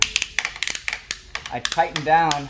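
The front wheel hold-down arm of a Thule 599 UpRide roof-mounted upright bike rack is pushed down onto the tire, and its ratchet clicks step by step at about 0.0, 0.4, 0.6 and 0.9 seconds. Someone talks near the end. The arm ends up snug against the front wheel, tightened down to a good snug fit.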